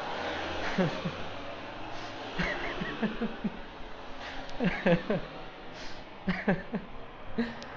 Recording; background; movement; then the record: laughter; traffic; walking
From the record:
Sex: male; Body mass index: 20.5 kg/m2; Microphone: on the chest, facing outward